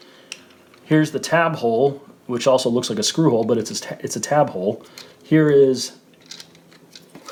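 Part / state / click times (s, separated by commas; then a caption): plastic backpack slide-lock on a transforming robot toy / seated / 0.3 s. On a transforming robot toy, the repaired plastic backpack slide-lock is slid up and locks into place with a sharp click at 0.3 s. Someone then talks for most of the clip. A few faint plastic taps and handling clicks follow near the end.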